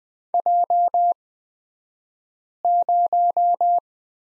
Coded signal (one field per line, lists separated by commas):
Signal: Morse code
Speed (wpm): 20 wpm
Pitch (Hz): 700 Hz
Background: none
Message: J0